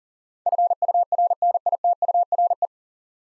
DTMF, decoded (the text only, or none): none